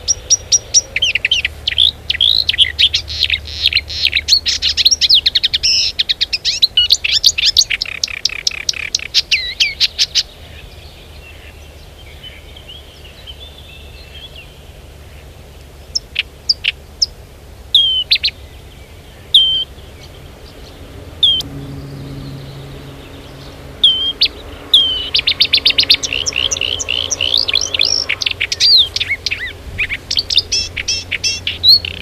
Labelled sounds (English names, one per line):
Marsh Warbler